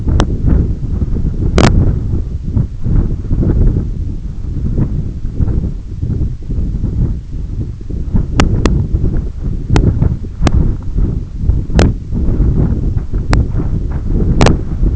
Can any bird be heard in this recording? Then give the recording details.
no. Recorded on Arctic tundra, site EABA-1, on 20 June 2018. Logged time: 18:00